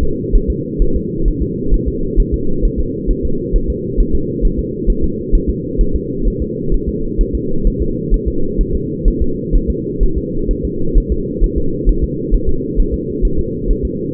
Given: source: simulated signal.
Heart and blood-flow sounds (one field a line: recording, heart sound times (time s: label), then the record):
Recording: fetal heart sounds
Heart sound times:
0.03 s: S2
0.36 s: S1
0.50 s: S2
0.82 s: S1
0.96 s: S2
1.28 s: S1
1.43 s: S2
1.74 s: S1
1.88 s: S2
2.20 s: S1
2.34 s: S2
2.65 s: S1
2.80 s: S2
3.11 s: S1
3.25 s: S2
3.56 s: S1
3.70 s: S2
4.00 s: S1
4.15 s: S2
4.45 s: S1
4.59 s: S2
4.90 s: S1
5.04 s: S2
5.35 s: S1
5.50 s: S2
5.81 s: S1
5.96 s: S2
6.28 s: S1
6.42 s: S2
6.74 s: S1
6.89 s: S2
7.21 s: S1
7.35 s: S2
7.67 s: S1
7.82 s: S2
8.14 s: S1
8.28 s: S2
8.61 s: S1
8.75 s: S2
9.08 s: S1
9.22 s: S2
9.56 s: S1
9.70 s: S2
10.03 s: S1
10.18 s: S2
10.51 s: S1
10.65 s: S2
10.98 s: S1
11.12 s: S2
11.44 s: S1
11.58 s: S2
11.89 s: S1
12.04 s: S2
12.34 s: S1
12.49 s: S2
12.80 s: S1
12.94 s: S2
13.25 s: S1
13.39 s: S2
13.71 s: S1
13.85 s: S2
From the record:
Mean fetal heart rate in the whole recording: 130 bpm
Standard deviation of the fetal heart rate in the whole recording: 2 bpm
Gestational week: 38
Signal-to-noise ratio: -8.1 dB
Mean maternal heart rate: 72 bpm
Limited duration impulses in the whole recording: absent